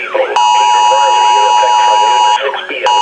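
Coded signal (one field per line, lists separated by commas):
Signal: Emergency Alert System (SAME) tones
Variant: 853 and 960 Hz attention tone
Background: speech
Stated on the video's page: Flash Flood Warning with Wireless Emergency Alert activation.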